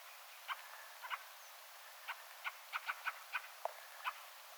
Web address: paivat 17 12 2024 rakattirastaan huomioaantelya taustalla toinen ja kolmaskin rakattirastas